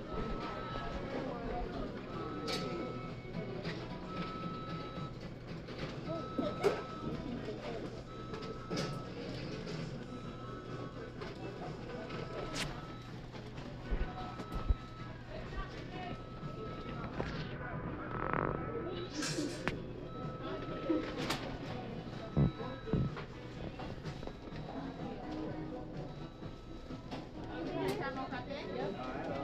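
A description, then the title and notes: Inside a busy New York fast-food restaurant, a steady low hum runs under a constant murmur of overlapping voices. A short electronic beep repeats every few seconds, while sharp clatters and clicks break through, with a brief rising squeal around the eighteen-second mark. NYC sounds: McDonald's.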